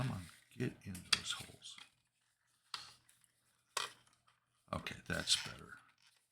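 A plastic part of a half-scale Xenomorph model is pressed and worked onto the locating pins of the figure body while someone talks. Brief sharp handling knocks come around 2.7 s and 3.8 s, with fainter ones near 3.1 s and 3.2 s. Nothing has seated or snapped home yet.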